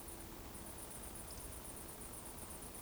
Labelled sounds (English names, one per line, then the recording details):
Eurasian Woodcock whistle
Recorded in Baden-Württemberg, Germany, on 24 June 2020 at 20:27 UTC
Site 14569, 102 m above sea level